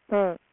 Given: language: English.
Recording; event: throat vibration sensor signal played as sound; speech